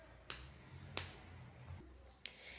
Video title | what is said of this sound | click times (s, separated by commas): (Versão Canhoto) Boneca Emilia Amigurumi Passo a Passo (Parte 3) | y ahora vamos a presionar hasta que encajen, ahora hagámoslo de la misma manera de este | 0.3 s, 1.0 s, 2.3 s